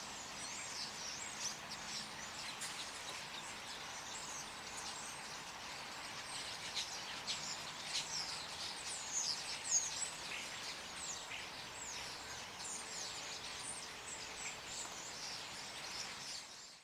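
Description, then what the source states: Birds calling in a dense, continuous chorus of short high chirps and twitters, overlapping irregularly throughout, over a steady background hiss. Birds calling at night in trees in Hilversum during snow.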